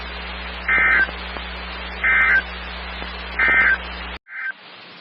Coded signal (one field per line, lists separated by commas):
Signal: Emergency Alert System (SAME) tones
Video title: RWT'S (EAS 82-85)